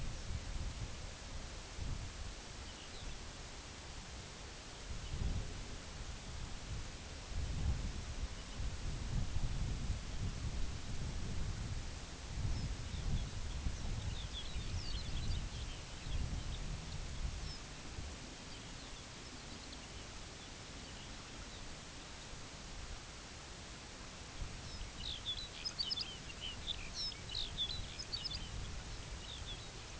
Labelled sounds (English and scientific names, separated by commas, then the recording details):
unidentified sound, Lapland Longspur (Calcarius lapponicus)
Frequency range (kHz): Lapland Longspur (Calcarius lapponicus) 1.8-7.0 kHz
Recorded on Arctic tundra, site UTQI-2, on 17 June 2019
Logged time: 14:00